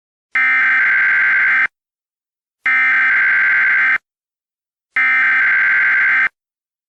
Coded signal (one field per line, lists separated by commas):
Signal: Emergency Alert System (SAME) tones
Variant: header bursts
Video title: EAS Scenario: Smelted